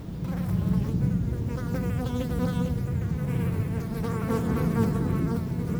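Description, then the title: Fly buzzing: a continuous wavering drone over heavy low wind rumble. Flies feasting on a dropping on Chemin de Lombardil, Fenouillet, France, on a windy day near Blagnac airport; Sennheiser MKH8040 ORTF pair with SD MixPre6 recorder. "Chemin de Lombardil, 31150 Fenouillet, France - Festin de mouches"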